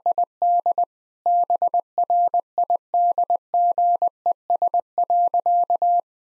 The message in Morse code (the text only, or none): ID BRIDGES.